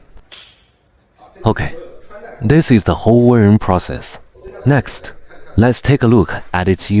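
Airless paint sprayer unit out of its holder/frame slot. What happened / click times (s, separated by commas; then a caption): The holder latch released / 0.3 s. An SPR301 airless paint sprayer is released from its holder by pressing the slot latch so the machine can be taken down from its frame slot. A single sharp click sounds at 0.3 s, after which someone talks. The latch is released and the sprayer comes free.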